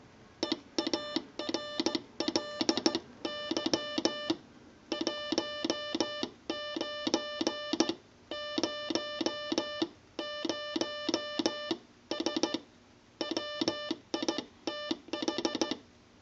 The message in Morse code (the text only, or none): EARLY 1900S WITH